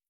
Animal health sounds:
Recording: hydrophone in a shrimp aquaculture tank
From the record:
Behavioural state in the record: feeding

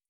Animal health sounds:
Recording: hydrophone in a shrimp aquaculture tank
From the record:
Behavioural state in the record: feeding

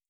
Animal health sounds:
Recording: hydrophone in a shrimp aquaculture tank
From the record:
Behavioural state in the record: feeding

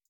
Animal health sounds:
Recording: hydrophone in a shrimp aquaculture tank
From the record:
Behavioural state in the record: feeding

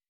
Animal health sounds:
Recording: hydrophone in a shrimp aquaculture tank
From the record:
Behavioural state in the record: weakened

